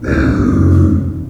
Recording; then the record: squeal of a Yucatan mini pig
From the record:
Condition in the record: after surgery on the right vocal fold (resection and tissue-engineered implant); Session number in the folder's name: 7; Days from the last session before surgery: 47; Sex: female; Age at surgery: 19 weeks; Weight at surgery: 25 kg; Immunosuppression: prednisolone